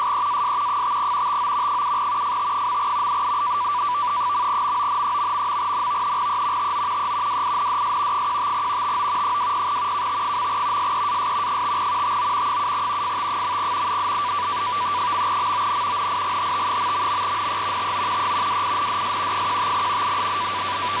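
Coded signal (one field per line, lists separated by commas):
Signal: NAVTEX (SITOR-B)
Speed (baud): 100 baud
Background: radio noise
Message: SEAS 5 TO 7 FT. .MON...N E TO E WINDS 15 TO 20 KT. SEAS 5 TO 7 FT. .MON NIGHT...NE TO E WINDS 15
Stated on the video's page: WLO marine weather broadcast on 8472 kHz USB, received on a Winradio Excalibur Pro with a PAR-SWL antenna plus 106-foot longwire.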